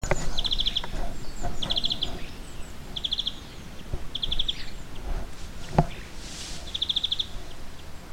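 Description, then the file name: European greenfinch giving short, rapid trilled call bursts, high and twittering, repeated at intervals of about one to three seconds, over steady low rumbling background noise. "Chloris chloris"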